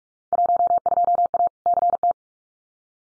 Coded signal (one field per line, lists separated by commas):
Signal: Morse code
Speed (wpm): 46 wpm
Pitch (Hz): 700 Hz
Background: none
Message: 12A CT